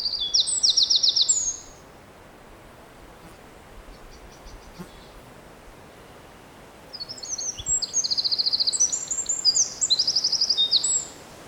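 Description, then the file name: Eurasian wren song, a short brisk rattling trill, then about five seconds of near quiet, then a longer burst of fast high trills and chattering notes. "Troglodytes troglodytes"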